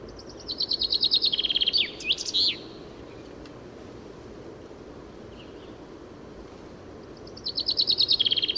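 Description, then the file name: Common chaffinch singing a rapid descending rattle of sweet notes with a twisting end flourish, then quiet for several seconds before the song starts again. "Fringilla coelebs"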